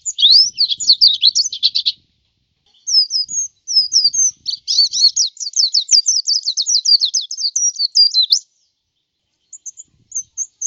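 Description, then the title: White-eye singing long fast phrases of high, zigzagging twittered notes, a short pause, then a sustained rolling warble and a few soft chirps to finish. "Plecir3un. Suara burung pleci"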